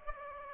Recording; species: mosquito wingbeat signal from an infrared sensor; Aedes aegypti